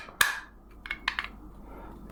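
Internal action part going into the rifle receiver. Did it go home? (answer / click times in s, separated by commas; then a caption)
no / none. During reassembly of a Henry AR7 .22 survival rifle's action, a metal internal part is pressed and tapped into the receiver, giving sharp, wood-block-like knocks around 0.2, 0.9, 1.1, 1.2 and 2.2 seconds. The part sits a fraction too high, and nothing has clicked into place yet.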